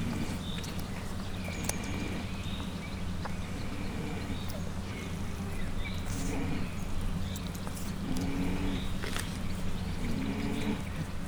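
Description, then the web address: Mangalica pig giving continuous low grunting with a few brief, higher nasal notes, over scattered knocks and rustling. Mangalica pigs at a zoo in Miskolc, recorded in 2018 during suckling. "allathangok miskolcizoo 2018 mangalica folytatodikaszoptatas"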